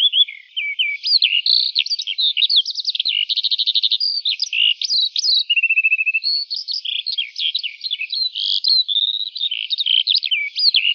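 Lark song pouring out nonstop, a varied jumble of chirps, quick trills and twittering notes, with a short lower buzzy trill midway.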